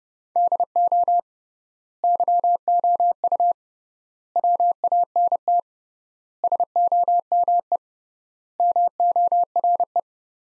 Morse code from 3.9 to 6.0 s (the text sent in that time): WANT